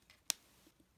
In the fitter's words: you push the trigger in the legs come down and they actually click into place there is a clip right in here and that clips into the back of the legs here